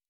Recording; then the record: hydrophone in a shrimp aquaculture tank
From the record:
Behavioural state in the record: normal